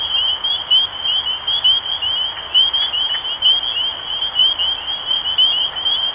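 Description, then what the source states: Spring peepers calling in a dense chorus, many high, short upslurred peeps overlapping continuously. Recorded 23 March 2012.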